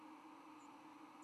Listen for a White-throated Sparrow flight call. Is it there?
no